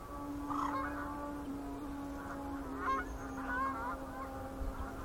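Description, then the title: Goose: geese calling, several harmonic honks scattered throughout over a steady low hum and background noise. Gaggles of geese in fields by the River Thame, England, UK, on the morning of 23 September 2023, excited by floodwater across the meadows. "Gaggles of geese, River Thame, England, UK on 23rd September 2023 – by Paul Ridout"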